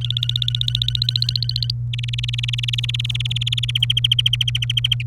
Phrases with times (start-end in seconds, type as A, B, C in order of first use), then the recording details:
0.01-1.71 A, 1.93-3.71 B, 3.75-5.02 C. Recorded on 27 April 2018 at 10:31. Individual llb3